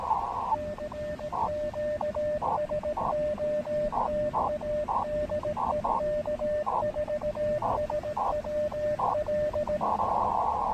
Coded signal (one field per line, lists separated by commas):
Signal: Morse code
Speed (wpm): 17 wpm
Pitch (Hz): 600 Hz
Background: radio noise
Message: CQ SOTA DE K4SWL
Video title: SOTA Plan B! An aborted activation followed by an amazing (although gusty) alternative!